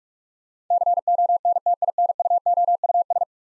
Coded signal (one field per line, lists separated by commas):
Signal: Morse code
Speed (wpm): 44 wpm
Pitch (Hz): 700 Hz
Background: none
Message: CONTINUOUS